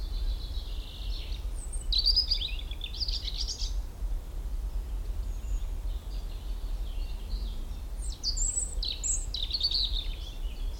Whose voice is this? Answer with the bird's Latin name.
Erithacus rubecula